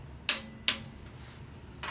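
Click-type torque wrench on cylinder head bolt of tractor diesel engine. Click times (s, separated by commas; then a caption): 0.3 s, 0.7 s. A click-type torque wrench set to 100 ft-lb re-checks a cylinder head bolt on a Ford 172 tractor diesel engine. Two sharp clicks at 0.3 s and 0.7 s show the wrench reaching its setting, and a softer burst follows near 1.8 s.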